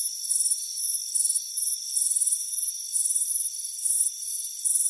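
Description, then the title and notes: Crickets chirping in short rapid pulse trains about three times a second, louder bursts over a constant shrill insect tone. Crickets chirping on a warm afternoon, front porch. "Soothing Crickets Chirping Sound. It's a warm afternoon as you relax in a hammock on the front porch. Relax and fall asleep to the soothing sound of chirping crickets. Deep Sleep Sounds"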